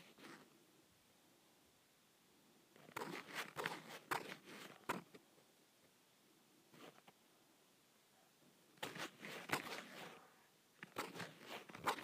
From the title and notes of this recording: ASMR Leather Scratching.